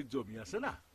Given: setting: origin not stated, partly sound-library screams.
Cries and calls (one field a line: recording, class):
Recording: one-second piece from a danger detection set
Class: normal situation